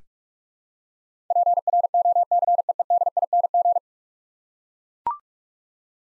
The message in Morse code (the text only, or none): PROCEEDING